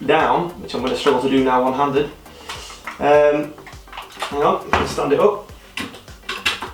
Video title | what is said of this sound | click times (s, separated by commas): 22 CARAT GOLD AK! - THIS GUNS INSANE! | there we go so that's now locked in at this end | 6.5 s